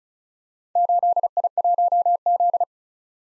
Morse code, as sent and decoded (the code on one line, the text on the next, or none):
---.. .. .---- --..
8I1Z